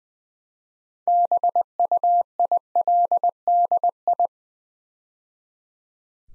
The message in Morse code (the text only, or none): BUILDI